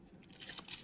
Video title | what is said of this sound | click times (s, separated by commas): Knife Hands! TFONE Primechangers B127 Review | which on mine is a little tight, but clicks right into place. | 0.6 s